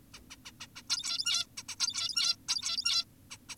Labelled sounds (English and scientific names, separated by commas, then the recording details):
Zebra Finch (Taeniopygia guttata)
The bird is an adult
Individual g17y2U